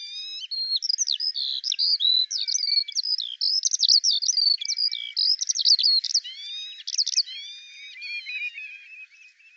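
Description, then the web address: Bird singing a long, varied warble of quick chirps, trills and sliding whistled notes, with some harmonic-rich notes near the end. "Deverinetal 2025 File cleaned normalized Bird Al Ar"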